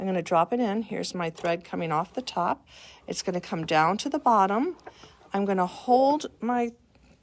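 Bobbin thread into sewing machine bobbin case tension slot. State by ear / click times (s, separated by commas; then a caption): not seated / none. A bobbin is dropped into a sewing machine's bobbin unit with its thread coming off the top and down to the bottom, as the thread is guided toward the bobbin case tension slot. Someone talks throughout while handling it, with only faint handling noise near the end. Nothing has seated or clicked into the slot yet.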